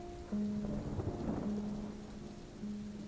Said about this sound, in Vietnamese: Ngoài trời mưa rỉ rả, nước mưa chảy từ mái che thành dòng đổ xuống mặt đất tanh tách.